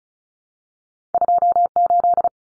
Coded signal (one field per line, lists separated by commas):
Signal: Morse code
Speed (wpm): 34 wpm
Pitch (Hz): 700 Hz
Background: none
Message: 28